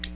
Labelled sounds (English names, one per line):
Ovenbird flight call